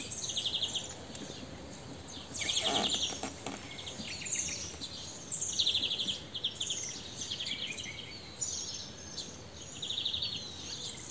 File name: Chloris chloris